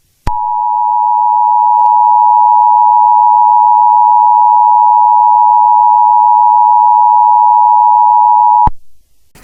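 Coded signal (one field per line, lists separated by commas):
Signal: Emergency Alert System (SAME) tones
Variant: 853 and 960 Hz attention tone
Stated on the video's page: Not a real EAS and not on the air; fan-made Poppy Playtime alert that may contain valid EAS tones.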